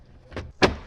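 The plastic instrument cluster hood of an NB Miata is lined up on the dashboard and pushed down until its clips snap in. A softer snap comes at 0.4 s, followed by a sharp, loud plastic snap at 0.6 s as the hood seats into place.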